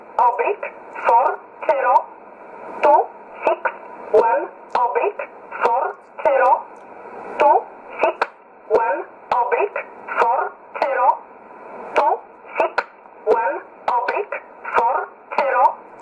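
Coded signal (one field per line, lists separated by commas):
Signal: numbers station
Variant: E11 Oblique, English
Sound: about 16 short, evenly spaced spoken words in a thin radio voice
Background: radio static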